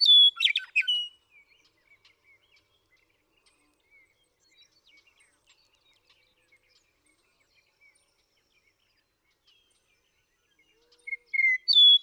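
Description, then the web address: Western meadowlark song: a loud, bubbling, flutelike phrase opens the recording and another ends it, with near silence and faint notes in between. "birdsongforthecurious Western Meadowlark"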